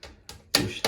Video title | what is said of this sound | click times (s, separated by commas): How to Fix a Leaking Toilet. Caroma Dual Flush. A Step By Step Guide. | They've clicked into place. | 0.6 s